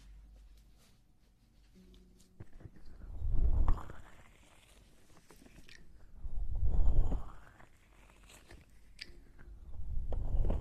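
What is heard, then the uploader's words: Close, muffled mouth and rubbing sounds press right against the microphone in three slow swells, near 3, 7 and 10 seconds, each rising from a deep rumble to a brighter hiss. Between them it is quiet, with faint clicks and a low hum. Ear eating and ear massage.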